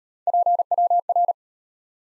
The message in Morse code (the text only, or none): PWR